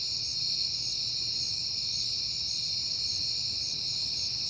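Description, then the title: Crickets produce a dense high chorus of chirps, evenly pulsing trills over a continuous ring, with a light low rumble in the background. Crickets recorded at night in September, on a peaceful night. "Night Time: Crickets and Passing Cars"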